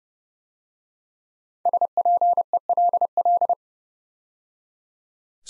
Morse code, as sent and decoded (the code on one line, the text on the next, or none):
... .--. . .-.. .-..
SPELL